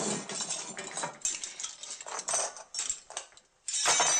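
Metal forks and spoons, dropped by a woman, clatter and clink together in a bright, jangling burst, with a few scattered taps, a brief lull, then another loud rattle of cutlery at the end.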